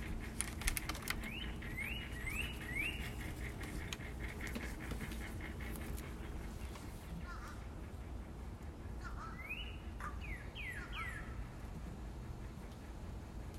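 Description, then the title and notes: Northern Cardinal song: clear rising slurred whistles in quick series of three or four, sung twice with a pause between, over faint clicking and low background hum. Singing in a backyard on April 8, 2020. "Today, April 8, 2020, I was enchanted by the beautiful song of red cardinal in my backyard who was then joined in a duet by my neighbor's rooster."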